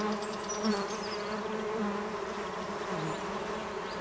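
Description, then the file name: Honey bees humming in a dense, steady drone with a low hum and overtones, while a few faint high notes sound above. Honey bees inside the hive, 18 March 2007. "20070318 Hive"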